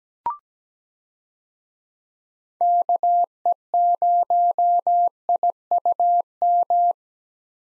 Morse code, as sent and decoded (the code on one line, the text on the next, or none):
-.- . ----- .. ..- --
KE0IUM